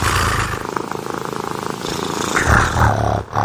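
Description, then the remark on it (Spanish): A person imitates a cat's purr with a steady, rapidly fluttering throaty rumble that holds at an even loudness, briefly cuts out, then resumes just before the end. “¿Sabes ronronear?”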